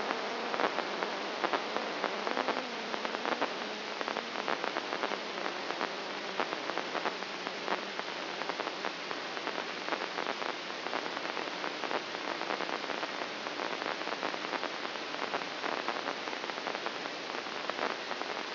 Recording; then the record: brain microelectrode recording played as sound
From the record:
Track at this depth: inside the subthalamic nucleus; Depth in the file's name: 5.029 mm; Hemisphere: left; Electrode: 2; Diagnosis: Parkinson's disease